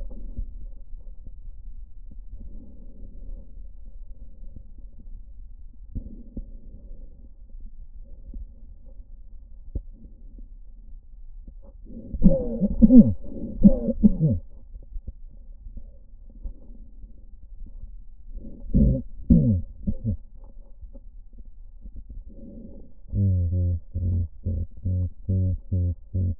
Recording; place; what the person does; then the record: lung sounds by stethoscope; left posterior basal chest; quiet breathing, then cough and speech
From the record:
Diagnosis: none (healthy); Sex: male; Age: 34 years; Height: 174 cm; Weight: 93 kg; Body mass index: 30.7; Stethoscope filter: diaphragm mode